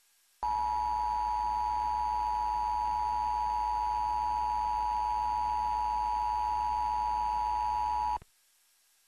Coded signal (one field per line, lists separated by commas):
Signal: Emergency Alert System (SAME) tones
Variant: 853 and 960 Hz attention tone